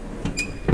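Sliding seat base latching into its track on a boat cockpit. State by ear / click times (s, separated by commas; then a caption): seated / 0.7 s. The port-side cockpit seat of a 2022 Pursuit DC246 boat is lifted slightly and slid out on its track into an extended lounge position. A soft bump at 0.3 s and a brief squeak follow, then the slide latch engages with a sharper hit at 0.7 s, locking the seat in place.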